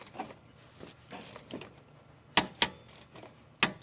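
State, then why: Torque reached. A click-type torque wrench tightens the first bolt on a Ford Ranger's front suspension, with quiet ratcheting and mechanical handling noises. The wrench clicks sharply at 2.4 and 2.6 seconds, showing the bolt is torqued to its setting. Two more loud clicks follow at 3.6 and 3.8 seconds.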